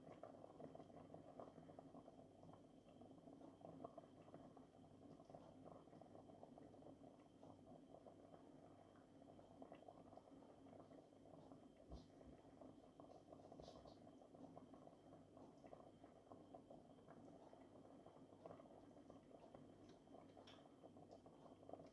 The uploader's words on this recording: ASMR Cooking. Chopping vegetables, frying onions, pouring water and so forth.